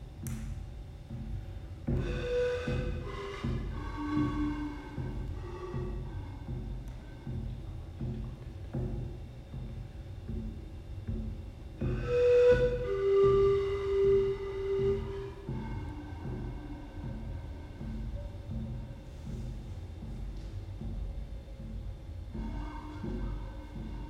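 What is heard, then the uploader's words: Sustained tones from singing bowls and harmonium drone over a low rumble, with bright struck notes ringing out near two and twelve seconds. Sound Bath with Moses Love at Tropical Yoga in Miami Beach, Florida.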